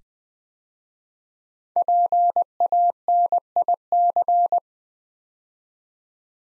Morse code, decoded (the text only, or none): PANIC